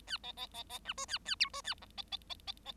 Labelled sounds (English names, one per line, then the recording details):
Bengalese Finch song
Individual Bird7